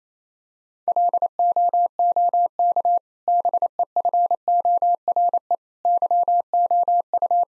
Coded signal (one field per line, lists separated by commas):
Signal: Morse code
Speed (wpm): 27 wpm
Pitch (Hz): 700 Hz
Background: none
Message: LOOK BEFORE YOU